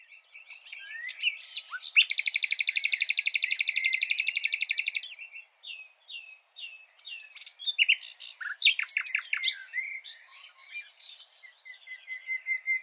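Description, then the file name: Common nightingale song: a long loud rapid trill lasting about three seconds, then a series of repeated whistles and sharp varied notes. "Luscinia megarhynchos"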